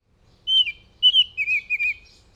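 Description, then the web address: Northern oriole whistling a short phrase of clear notes: a falling whistle, then a wavering, slightly descending series. "Northern Oriole. صدای-پرنده-اوریول-شمالی"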